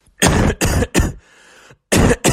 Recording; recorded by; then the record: voluntary cough; messaging app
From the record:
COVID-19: positive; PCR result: self-reported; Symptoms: no